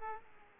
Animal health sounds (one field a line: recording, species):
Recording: mosquito wingbeat signal from an infrared sensor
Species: Aedes aegypti